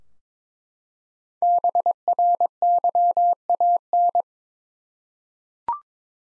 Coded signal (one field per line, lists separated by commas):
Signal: Morse code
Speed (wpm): 22 wpm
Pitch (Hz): 700 Hz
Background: none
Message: BRYAN